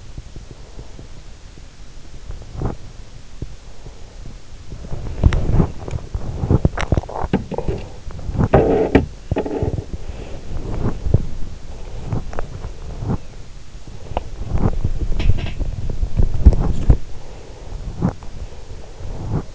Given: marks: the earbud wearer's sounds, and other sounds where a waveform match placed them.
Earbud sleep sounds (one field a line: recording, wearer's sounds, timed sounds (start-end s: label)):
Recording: sounds in sleep by an in-ear microphone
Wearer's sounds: teeth grinding, body movement, breath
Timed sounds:
2.07-3.22 s: teeth grinding
3.91-17.48 s: body movement
17.00-19.55 s: breath